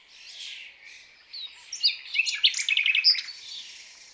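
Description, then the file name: Common nightingale song: a soft opening swells into a dense, rapid sequence of sharp chirps and trilled notes. "Luscinia megarhynchos"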